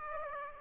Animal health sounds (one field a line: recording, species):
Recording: mosquito wingbeat signal from an infrared sensor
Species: Aedes aegypti